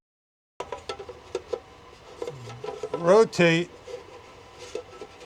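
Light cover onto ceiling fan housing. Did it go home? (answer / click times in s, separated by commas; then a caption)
no / none. A removable plastic light cover is placed onto the locking area of a WINGBO 48-inch flush-mount ceiling fan housing and lined up before being rotated to twist-lock. Light contact knocks and rubbing are heard, with someone talking over them. Nothing has seated or clicked yet.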